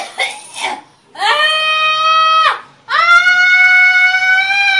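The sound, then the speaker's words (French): A woman, a daughter being exorcised, lets out two long, loud, high-pitched screams during an exorcism, the second held longer and strained, preceded by a couple of short rough gasping cries. “Si, c'est pas votre fille qui vient de crier comme ça.”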